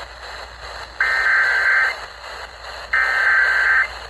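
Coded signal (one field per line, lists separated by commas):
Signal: Emergency Alert System (SAME) tones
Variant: header bursts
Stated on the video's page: Authentic EAS severe thunderstorm warning captured from an FM station on 94.5 MHz, recorded with an iPhone SE camera.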